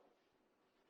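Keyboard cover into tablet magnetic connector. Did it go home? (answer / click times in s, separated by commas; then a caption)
no / none. A keyboard cover is handled near the magnetic connector of a 2012 Microsoft Surface tablet as it is attached again, with only a low, steady hiss and no sharp sounds across 0.9 seconds. Nothing has seated or clicked yet.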